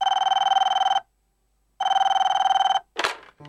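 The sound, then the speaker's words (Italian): A telephone bell rings in two long bursts with a pause between, a bright, rapidly trilling metallic ring, followed by a brief clatter like the handset being lifted; the call is for Sidney Schanberg, from an American official working on the border between Thailand and Cambodia. “Una telefonata straordinaria, indimenticabile.”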